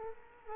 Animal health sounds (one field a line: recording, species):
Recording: mosquito wingbeat signal from an infrared sensor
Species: Culex quinquefasciatus